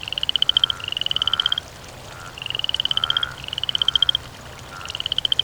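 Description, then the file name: Frog calling in pulsed, trilled croaks, each burst under a second long and repeated in a steady series with short pauses. Croaking, by water. "voda kvak kuznechik"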